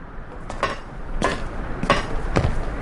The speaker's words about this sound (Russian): Кто-то постучал в окно. Мне стало так страшно и неуютно.